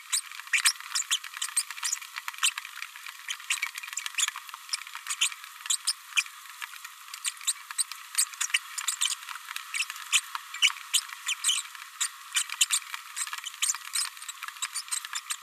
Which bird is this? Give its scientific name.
Forpus passerinus